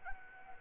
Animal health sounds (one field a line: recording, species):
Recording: mosquito wingbeat signal from an infrared sensor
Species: Anopheles arabiensis